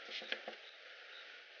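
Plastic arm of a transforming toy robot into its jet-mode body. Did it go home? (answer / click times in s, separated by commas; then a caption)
yes / 0.3 s. A plastic arm of a transforming toy robot is pushed into its jet-mode body during the transformation to jet mode. Soft handling and rubbing noises lead up to a single sharp click at 0.3 s as the arm pops into place. It seats, followed by a faint hiss.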